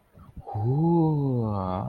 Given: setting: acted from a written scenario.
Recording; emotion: vocal sound without words; interest